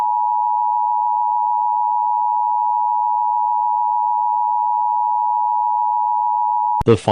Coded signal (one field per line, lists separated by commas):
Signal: Emergency Alert System (SAME) tones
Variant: 853 and 960 Hz attention tone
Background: speech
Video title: EAS Scenario #2: Not A Natural Disaster